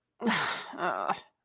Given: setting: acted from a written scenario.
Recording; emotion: vocal sound without words; guilt